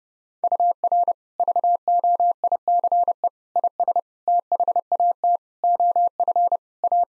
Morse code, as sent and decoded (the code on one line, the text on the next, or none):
..- .-. / ...- --- .. -.-. . / .. ... / - .... .- - / --- ..-. / .-
UR VOICE IS THAT OF A